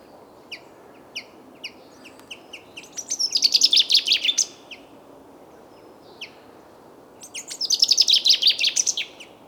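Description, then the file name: Common chaffinch: short, sharp, high chirps repeated about every half second, broken by two louder, rapid rattling bursts of song. "Fringilla coelebs"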